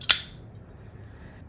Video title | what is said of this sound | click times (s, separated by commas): Ruike P128-SF - Sleek & Secure | Once this knife has been opened, it locks into place using a frame lock, | 0.1 s